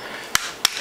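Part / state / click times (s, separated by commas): back cover plate on a netbook underside / released / 0.4 s, 0.6 s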